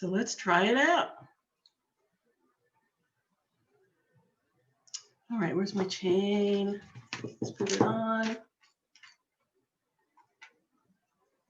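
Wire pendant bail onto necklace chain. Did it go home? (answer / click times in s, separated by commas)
yes / 10.4 s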